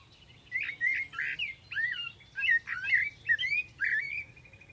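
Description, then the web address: Bird singing a string of warbled chirps and whistles, varied and closely spaced, with short pauses between groups. "cianscape birddata Deverinetal 2025 Bird Only Tu Me"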